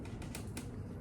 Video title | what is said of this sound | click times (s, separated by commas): Manitowoc ice machine cleaning - indigo NXT | through the hole and you're just going to hear a click maybe just like that and that's locked into place it's still going to be kind of loose but | 0.3 s, 0.6 s